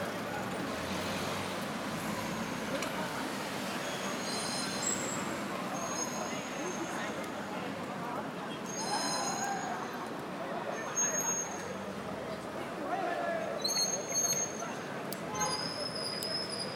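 A walk down Jiang Ning Lu: steady traffic rumble and chattering voices, with bright chirps or squeaks recurring throughout, busier near fourteen seconds.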